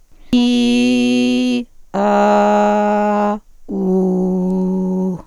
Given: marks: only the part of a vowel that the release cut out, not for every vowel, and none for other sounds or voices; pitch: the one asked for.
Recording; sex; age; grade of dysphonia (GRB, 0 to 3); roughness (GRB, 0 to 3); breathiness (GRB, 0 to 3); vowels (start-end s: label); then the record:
sustained vowels; female; 50 to 59 years; 0; 0; 0
0.39-1.51 s: vowel /i/, low pitch
2.04-3.26 s: vowel /a/, low pitch
3.82-5.00 s: vowel /u/, low pitch
From the record:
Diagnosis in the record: hyperfunctional dysphonia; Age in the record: 57 years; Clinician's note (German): Leichte Tendenz dazu mit Teleangieektasien